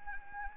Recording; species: mosquito wingbeat signal from an infrared sensor; Anopheles arabiensis